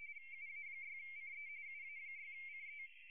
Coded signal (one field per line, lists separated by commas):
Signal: RTTY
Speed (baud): 45.45 baud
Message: UA6CE UA6CE